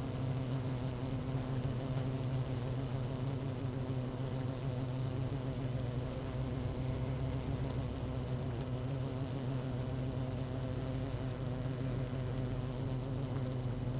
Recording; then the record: honeybee colony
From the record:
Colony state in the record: active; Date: 12 June 2018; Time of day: 17:02